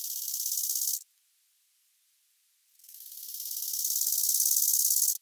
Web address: heuschrecken audio nachtigallgrashüpfer